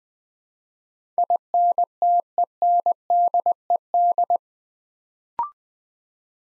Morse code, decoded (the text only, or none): INTENDED